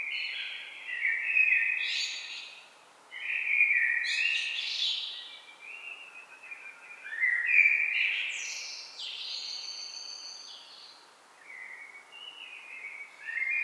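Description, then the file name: Common blackbird song: rich, low whistled phrases, each closing in a thin squeaky twitter, repeated every few seconds with short gaps between. "Turdus merula"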